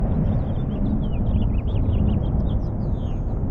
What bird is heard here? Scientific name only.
Haemorhous mexicanus